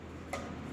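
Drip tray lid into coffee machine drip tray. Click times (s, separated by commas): 0.3 s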